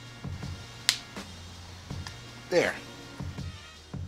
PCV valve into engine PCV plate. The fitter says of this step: then push it down - you hear it click into place there